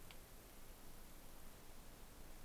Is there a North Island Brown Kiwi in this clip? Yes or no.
no